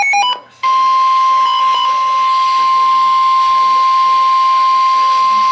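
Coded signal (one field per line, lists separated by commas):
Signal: Emergency Alert System (SAME) tones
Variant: 1050 Hz attention tone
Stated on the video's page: Multiple alerts; one weather radio transmitter was off air for most of the period.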